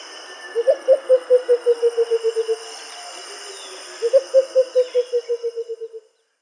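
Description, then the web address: Senegal coucal display call: two bubbling runs of deep hollow hoots, each about a dozen notes that dip slightly in pitch and fade; faint insect hum behind. "Schulze Peter Senegal Coucal"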